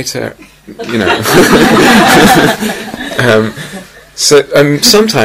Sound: laughter

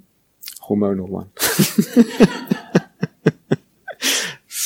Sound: laughter

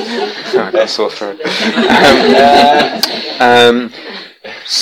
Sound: laughter

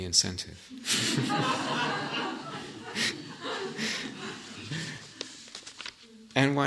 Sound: laughter

